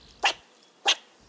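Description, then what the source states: Fox squirrel alarm barks: two harsh, throaty barks roughly six-tenths of a second apart, otherwise quiet. Alarm barks, more throaty and more frequent than the calls of a red-bellied woodpecker.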